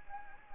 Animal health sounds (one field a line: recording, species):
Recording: mosquito wingbeat signal from an infrared sensor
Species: Anopheles arabiensis